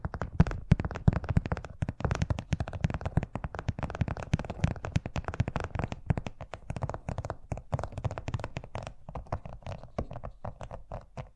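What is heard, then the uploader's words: Fast tapping runs without a break across the full eleven seconds, a dense stream of short, sharp hits with a strong low thump in each. The rhythm is quick and slightly uneven, with some louder taps early on and a gradual easing in force toward the end. ASMR Braingasm Inducing Fast Tapping (No Talking).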